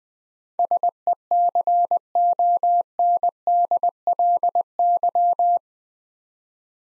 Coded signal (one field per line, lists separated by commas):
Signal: Morse code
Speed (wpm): 21 wpm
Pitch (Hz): 700 Hz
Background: none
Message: SECONDLY